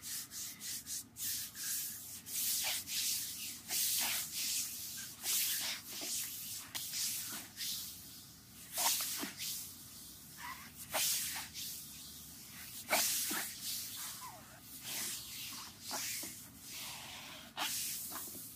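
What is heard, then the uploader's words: Hands rub lotion into a foot in a steady run of soft, wet, hissing strokes. Short sharper squelches and slaps break through every second or so, each one a brief bright crackle, while a low dull rumble stays underneath throughout. ASMR Tingle Foot Massage with lotion.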